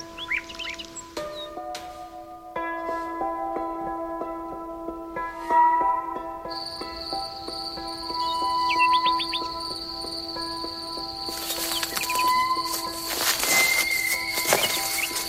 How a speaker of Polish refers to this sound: Słyszysz? Ptaki zaczynają śpiewać.